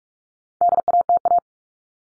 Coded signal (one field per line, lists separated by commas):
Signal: Morse code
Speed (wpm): 44 wpm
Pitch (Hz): 700 Hz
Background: none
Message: DATA